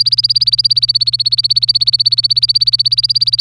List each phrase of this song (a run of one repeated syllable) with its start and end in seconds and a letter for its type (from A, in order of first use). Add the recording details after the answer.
0.00-3.40 A. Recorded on 25 April 2018 at 09:33. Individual llb3